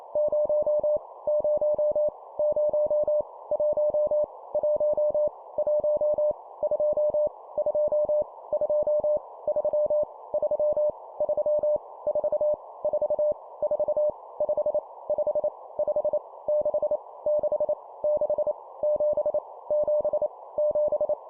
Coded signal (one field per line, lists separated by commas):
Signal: Morse code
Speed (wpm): 28 wpm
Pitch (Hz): 600 Hz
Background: none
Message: 0 0 0 1 1 1 2 2 2 3 3 3 4 4 4 5 5 5 6 6 6 7 7 7